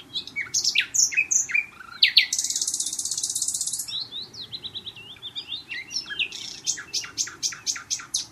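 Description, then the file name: Common nightingale song: loud chirps, a harsh buzzing rasp, then slurred notes and a final series of sharp repeated notes. "Luscinia megarhynchos"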